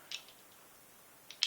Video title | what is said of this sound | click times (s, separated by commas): Beretta PX4 Storm 9mm and Glock 17 9mm comparison/unboxing/field strip | Same exact way as going forward. Snaps right into place. | 1.4 s